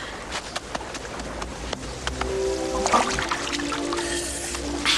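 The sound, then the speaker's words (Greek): Water pours in a steady, hissing stream for several seconds, with small splashes and drips breaking through and a low, wavering hum underneath. “Νερό!”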